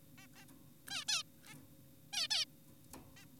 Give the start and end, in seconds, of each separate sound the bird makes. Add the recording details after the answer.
0.18-0.26, 0.35-0.45, 0.90-1.04, 1.08-1.23, 1.46-1.55, 2.13-2.28, 2.31-2.45, 3.17-3.25. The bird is an adult. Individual g4p5U